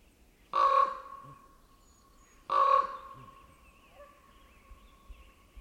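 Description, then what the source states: Common Raven giving two loud, harsh croaks about two seconds apart, each with a ringing tail. Faint softer sounds follow in a quiet background. A pair of ravens vocalizing to each other at dawn, mid-May 2021, by a secluded lake in a wildlife refuge in Northeast Washington.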